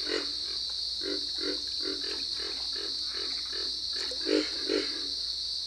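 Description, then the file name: Pig frog grunts, low pulsed croaks repeated about twice a second in a steady series, over a constant high-pitched buzzing background. "dan gibsons solitudes pig frog"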